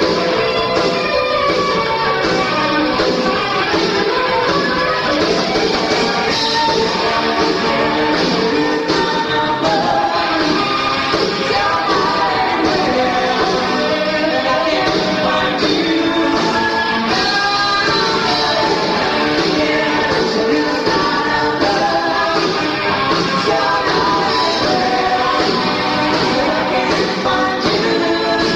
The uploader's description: a trip to Disneyland